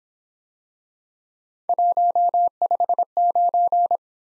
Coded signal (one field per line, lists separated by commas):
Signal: Morse code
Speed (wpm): 28 wpm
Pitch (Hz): 700 Hz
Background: none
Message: 159